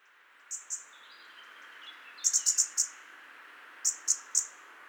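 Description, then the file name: European robin giving sharp, very high ticking calls in quick clusters of two to five, with faint thin sliding notes between them. "Erithacus rubecula"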